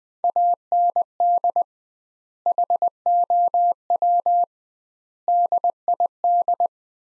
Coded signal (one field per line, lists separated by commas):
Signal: Morse code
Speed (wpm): 20 wpm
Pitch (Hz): 700 Hz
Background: none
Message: AND HOW DID